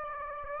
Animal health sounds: mosquito wingbeat signal from an infrared sensor; Aedes aegypti

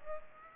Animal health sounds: mosquito wingbeat signal from an infrared sensor; Culex pipiens

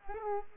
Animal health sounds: mosquito wingbeat signal from an infrared sensor; Culex pipiens

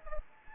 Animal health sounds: mosquito wingbeat signal from an infrared sensor; Anopheles gambiae

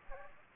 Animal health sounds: mosquito wingbeat signal from an infrared sensor; Aedes aegypti

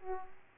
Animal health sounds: mosquito wingbeat signal from an infrared sensor; Aedes aegypti

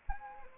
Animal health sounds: mosquito wingbeat signal from an infrared sensor; Anopheles arabiensis

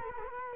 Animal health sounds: mosquito wingbeat signal from an infrared sensor; Culex quinquefasciatus

